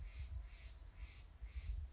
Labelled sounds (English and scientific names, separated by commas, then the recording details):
Steller's Jay (Cyanocitta stelleri)
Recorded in Sonoma County, California